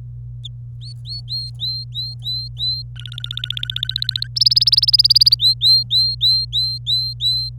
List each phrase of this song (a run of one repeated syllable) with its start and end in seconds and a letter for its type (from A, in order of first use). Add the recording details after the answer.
0.43-0.47 A, 0.81-2.82 B, 2.96-4.27 C, 4.36-5.35 A, 5.39-7.49 B. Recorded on 26 April 2018 at 12:18. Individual llb3